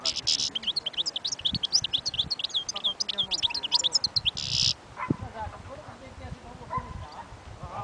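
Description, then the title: European goldfinch song, a rapid twittering run of bright, high chirps and trills for about five seconds, then stopping abruptly, leaving quieter background sound. Wild bird. "اجمل غناءالحسون الخلويchant chardonneret sauvage collection"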